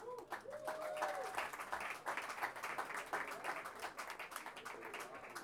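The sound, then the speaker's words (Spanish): A crowd at a launch event applauds steadily, dense overlapping claps forming a continuous rattling wash, with a few brief whistles or cheers rising above it early on. “vamos a pedir que, junto con el aplauso, que se acerque.”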